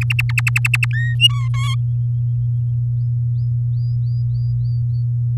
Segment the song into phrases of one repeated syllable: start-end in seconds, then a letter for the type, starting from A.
0.01-0.85 A, 0.93-1.15 B, 1.20-1.49 C, 1.54-1.75 D